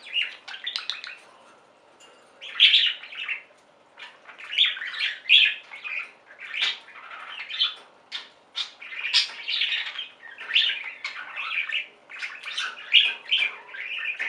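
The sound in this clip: Budgerigar chattering in uneven bursts of scratchy chirps and warbles, separated by brief quiet gaps.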